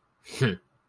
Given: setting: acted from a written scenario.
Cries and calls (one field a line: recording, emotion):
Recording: vocal sound without words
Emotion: contempt